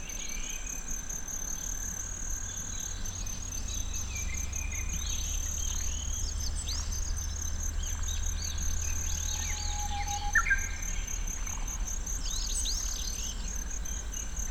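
Kinhibari crickets in Tsuruoka trill steadily throughout, a thin high ringing tone that never breaks. Many birds call over it: scattered quick chirps and rising whistles, a brief clear note near ten seconds, and busier song bursts around six and twelve seconds, above a low rumble.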